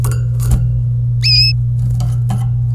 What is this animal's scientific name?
Serinus canaria